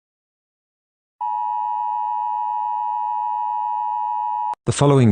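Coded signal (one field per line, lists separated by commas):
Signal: Emergency Alert System (SAME) tones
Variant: 853 and 960 Hz attention tone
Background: speech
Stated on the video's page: Fictional EAS scenario using a text-to-speech app.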